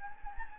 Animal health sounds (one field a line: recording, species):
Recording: mosquito wingbeat signal from an infrared sensor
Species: Anopheles gambiae